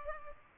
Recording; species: mosquito wingbeat signal from an infrared sensor; Culex pipiens